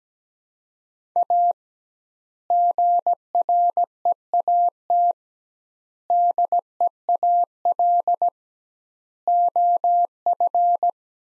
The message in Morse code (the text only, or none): A GREAT DEAL OF